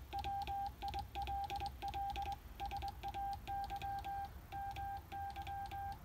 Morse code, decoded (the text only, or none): WILL SAY MY